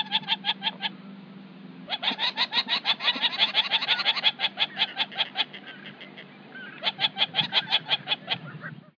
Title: LuckyPassaro Completos2Sama. Wattled Jacana (Jacana jacana)